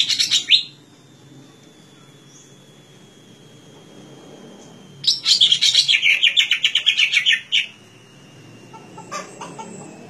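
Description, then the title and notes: Leafbird song: a short burst of chirps, then a dense burst of rapid warbled notes, over a steady thin tone. Song used for training caged songbirds (masteran). "Suara Burung Cucak Ijo. mantap buat masteran burung cak ijo"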